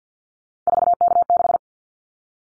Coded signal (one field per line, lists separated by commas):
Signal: Morse code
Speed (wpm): 50 wpm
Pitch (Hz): 700 Hz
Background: none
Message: 4K6